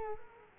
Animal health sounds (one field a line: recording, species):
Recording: mosquito wingbeat signal from an infrared sensor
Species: Culex quinquefasciatus